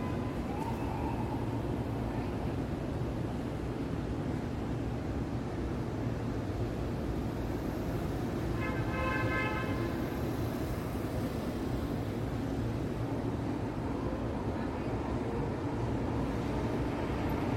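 A steady low rumble of city traffic runs throughout, with a brief rising tonal whine, perhaps a distant horn or siren, around nine seconds.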